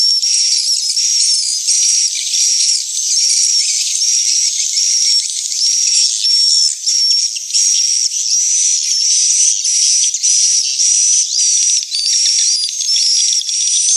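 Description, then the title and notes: Long stretch of swiftlet twittering, high buzzy notes pulsing in rough bursts, with a whistled tone threaded through the dense chorus. Swiftlet house sound of the AKAU brand, from Tien Giang, Vietnam. "Am thanh nha yen Akau Vietnam - Tien giang. Những âm thanh chim yến thuộc thương hiệu AKAU"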